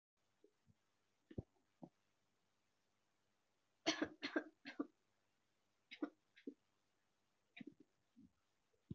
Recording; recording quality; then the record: shallow voluntary cough; excellent, no background noise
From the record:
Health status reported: healthy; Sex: female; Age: 27 years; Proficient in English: yes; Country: India